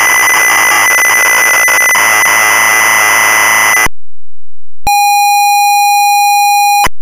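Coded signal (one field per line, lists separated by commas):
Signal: ZX Spectrum tape loading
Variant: Sinclair ZX Spectrum cassette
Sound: harsh screeching data noise, a second of silence, then a steady buzzy lead tone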